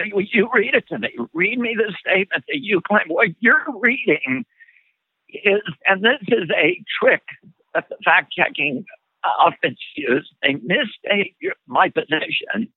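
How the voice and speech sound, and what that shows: An adult man speaks in short, effortful bursts separated by frequent pauses, in an interview. His voice is strained, rough and shaking, with creaky breaks on vowels, heard over narrow, phone-like sound. This fits spasmodic dysphonia, a condition of the muscles in the throat that leads to a shaking voice.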